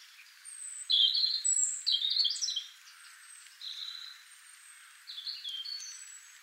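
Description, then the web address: European robin singing high, thin warbled phrases with sliding whistles and trills, several separate phrases broken by short pauses. "pub SETE data Erithacus rubecula"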